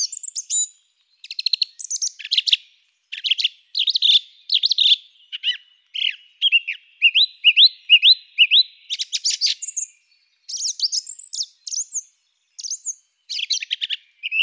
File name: Song Thrush